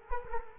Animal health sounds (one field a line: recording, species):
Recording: mosquito wingbeat signal from an infrared sensor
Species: Culex quinquefasciatus